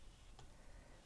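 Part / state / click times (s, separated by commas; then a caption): adjustment z-ring on a handheld camera stabilizer gimbal / seated / 0.4 s. With the release button underneath pushed in by a fingernail, the threaded z-ring on the gimbal of a Steadicam Merlin 2 handheld camera stabilizer is turned clockwise to make the rig more top heavy for a longer drop time. Against a steady low background, a single faint click at 0.4 s marks the z-ring seating in its next detent.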